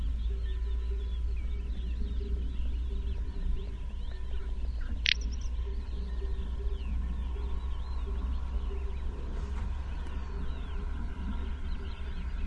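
Little bustard giving a single short, dry, rasping snort near five seconds, standing out over a steady chorus of twittering songbirds and a constant low rumble.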